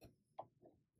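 A PCIe power cable connector is handled at the power socket of an Intel ARC A750 Limited Edition graphics card while being plugged back in, with soft scuffing and a brief sharp tap at about 0.4 s. Nothing has seated or clicked yet; the clip ends before the connector goes home.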